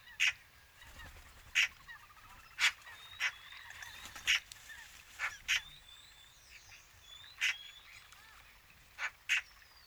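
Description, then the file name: Eurasian magpie giving harsh, rasping single calls at irregular intervals, about nine throughout, with thin whistled songs of other birds in the background. "Pica pica"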